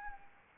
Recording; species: mosquito wingbeat signal from an infrared sensor; Anopheles arabiensis